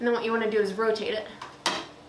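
Someone talks while a T8 fluorescent tube, its end pins already in the lampholder slots of a shop light fixture, is rotated. A single sharp click at 1.7 s marks the tube locking into the lampholder, seated in place.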